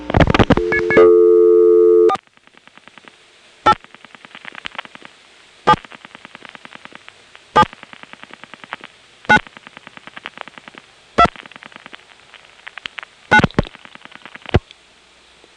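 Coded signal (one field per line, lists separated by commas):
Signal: DTMF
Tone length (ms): 70 ms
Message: 4 8 7 7 9 2 9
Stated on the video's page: Step-by-step and ESS telephone switching recording from Smyrna GA, 1977.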